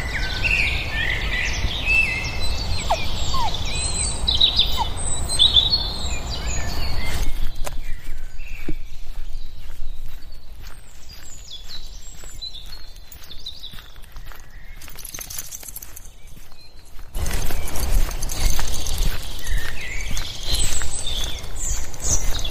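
A walk in the woods with a dog, with many birds singing throughout: dense, overlapping chirps and trills in the upper range. Low rumbling noise fills the first seven seconds and returns after about seventeen, while the quieter middle stretch carries sparse clicks and steps.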